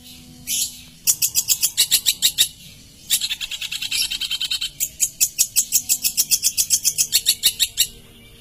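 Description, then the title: Long-tailed shrike song built from fast, buzzy, evenly spaced notes, delivered in two long rattling bursts separated by a short break. "Cendet"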